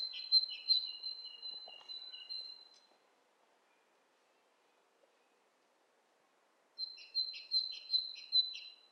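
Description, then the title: Bird calls: two bouts of rapid high whistled notes with a steady tone, separated by about four seconds of near silence. Two birds interacting; lo-fi recording. "bird dialogs"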